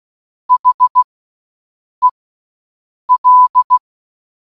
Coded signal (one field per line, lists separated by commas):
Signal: Morse code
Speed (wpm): 16 wpm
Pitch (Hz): 1000 Hz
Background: none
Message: HEL